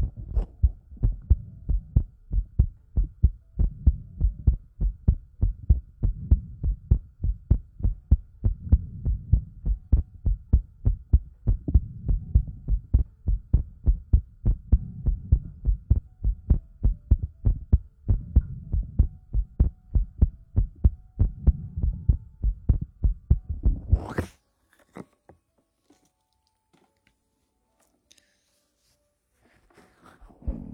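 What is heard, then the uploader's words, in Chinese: A sister's heartbeat thuds low and steady, about two beats a second, until it stops abruptly near 24 seconds, leaving faint rustles. 姐姐的心跳。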